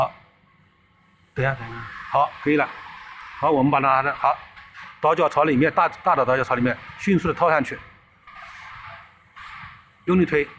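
A bush is slipped quickly onto a shaft with its large chamfer facing inward and lined up, during an oil seal and bush replacement, while someone talks throughout. No distinct fitting sound is heard, and the bush has not been pressed home or seated yet.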